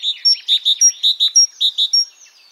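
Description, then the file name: Great tit calls: a quick series of about a dozen short, bright chipping notes with thin high whistles mixed in, then a faint twitter. "Parus major"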